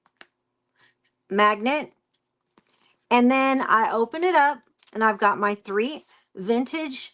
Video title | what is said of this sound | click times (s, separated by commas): The Craftin Coop | hear the snap. | 0.2 s